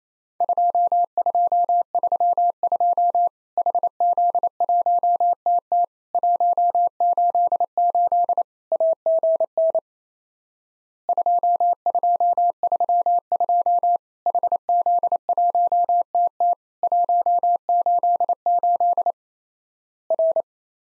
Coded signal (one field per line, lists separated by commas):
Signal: Morse code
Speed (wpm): 28 wpm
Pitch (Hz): 700 Hz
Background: none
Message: 2232 HZ1TT 188 AGN 2232 HZ1TT 188 R